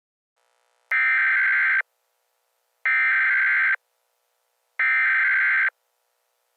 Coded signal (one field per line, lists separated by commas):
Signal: Emergency Alert System (SAME) tones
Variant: header bursts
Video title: EAS Scenario - Faces